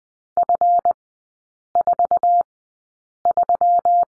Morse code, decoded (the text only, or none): F43